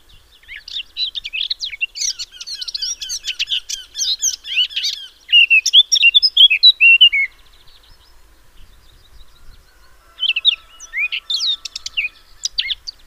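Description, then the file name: Eurasian blackcap song, a fast jumble of high twittering and scratchy notes for about seven seconds, a short silence, then a second warbling phrase begins; quiet background. "Sylvia atricapilla"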